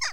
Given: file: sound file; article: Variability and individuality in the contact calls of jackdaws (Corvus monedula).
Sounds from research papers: jackdaw call; harmonic

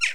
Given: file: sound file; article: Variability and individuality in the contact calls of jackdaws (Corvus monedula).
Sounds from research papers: jackdaw call; noisy

